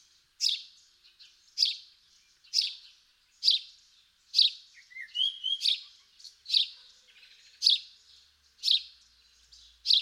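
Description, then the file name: House sparrow chirping, short bright chirps repeated roughly once a second, with a few thinner high notes slipping in between. "Passer domesticus"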